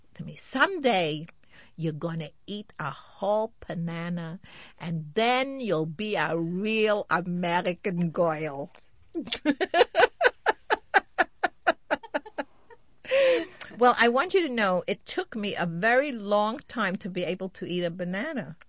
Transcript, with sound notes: to me, "some day, you're going to eat a whole panana, and then you'll be a real American goil ( they laugh ) Well, I want you to know it took me a very long time to be able to eat a banana,